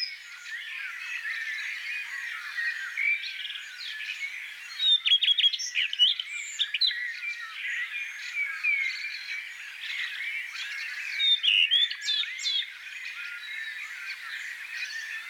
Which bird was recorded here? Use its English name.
Common Redstart